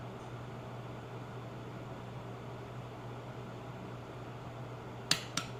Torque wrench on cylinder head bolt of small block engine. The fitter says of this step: Hear that click?